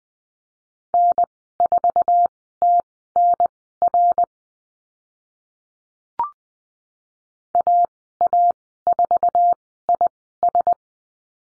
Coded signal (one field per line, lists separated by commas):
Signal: Morse code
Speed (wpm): 20 wpm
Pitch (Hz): 700 Hz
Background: none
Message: N4TNR AA4IS